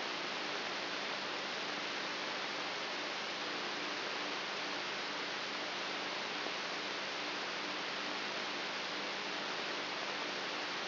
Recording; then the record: brain microelectrode recording played as sound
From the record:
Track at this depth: inside the subthalamic nucleus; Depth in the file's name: 4.44 mm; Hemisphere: right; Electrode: 3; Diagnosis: Parkinson's disease